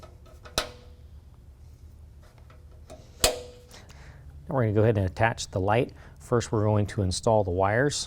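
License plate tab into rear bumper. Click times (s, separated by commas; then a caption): 0.6 s, 3.2 s. Plastic license plate mounting tabs are pressed into a Fab Fours Vengeance rear bumper, snapping into place with two loud, sharp clicks at 0.6 s and 3.2 s. Music plays faintly in the background, and someone talks from about 4.5 s onward.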